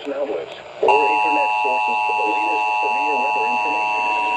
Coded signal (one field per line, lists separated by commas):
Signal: Emergency Alert System (SAME) tones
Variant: 853 and 960 Hz attention tone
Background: speech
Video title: EAS #158 Severe Thunderstorm Warning On WBAP-AM